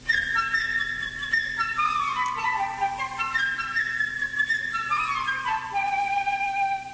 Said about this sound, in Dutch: Er is muziek bij gemaakt door een meneer die zo knap was dat hij voor elk mens of dier in het verhaal een instrument wist waar je ze aan herkennen kunt. Het vogeltje bijvoorbeeld is de fluit.